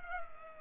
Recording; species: mosquito wingbeat signal from an infrared sensor; Culex pipiens